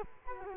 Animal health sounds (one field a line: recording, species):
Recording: mosquito wingbeat signal from an infrared sensor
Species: Culex quinquefasciatus